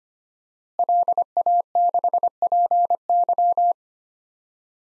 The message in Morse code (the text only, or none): LA6PY